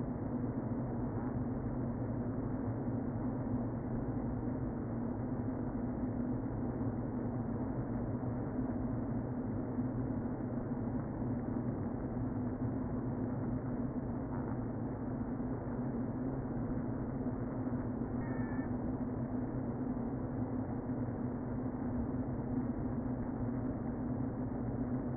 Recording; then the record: honeybee colony, microphone inside the hive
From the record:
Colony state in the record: queen present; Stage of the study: before two queens were removed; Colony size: about 60,000 bees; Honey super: yes